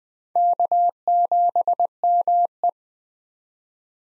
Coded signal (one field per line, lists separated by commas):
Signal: Morse code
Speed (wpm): 21 wpm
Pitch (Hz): 700 Hz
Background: none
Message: K7ME